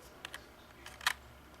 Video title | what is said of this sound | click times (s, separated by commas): Samsung Ultrabook Series 9 Features | kind of clicks right in there right and you can pull it out now | 1.1 s